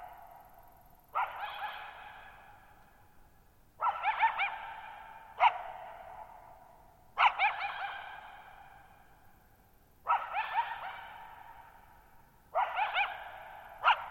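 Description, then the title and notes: Coyote delivering a series of harsh, wavering barks, each echoing long into the quiet night air. Lone coyote at night, July 14, 2019, Thirtymile Meadows, Okanogan National Forest (Okanogan High Country), Pacific Northwest, 6400 ft; tall mountains on a high, mostly dry plateau, shallow bowl-shaped meadows, boggy ground. "Lone Coyote at Thirtymile Meadows. I spent the night of July 14, 2019, camped near Thirtymile Meadows in the Okanogan National Forest at 6400 ft (1950 m)"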